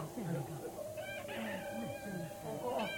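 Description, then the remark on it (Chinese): A rooster crows at daybreak with a bright, strained, harmonic call, and short sharp bursts break in near the start and end over a steady, busy background. “喂喂，雞蹄啦，雞蹄啦，天光啦！”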